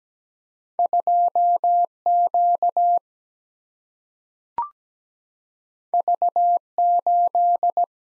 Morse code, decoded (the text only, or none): 2 Q V 8